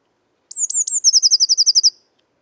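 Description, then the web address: Eurasian blue tit call: three quick high descending notes, then a rapid scolding trill of about ten even pulses lasting roughly a second. "SETE data Cyanistes caeruleus"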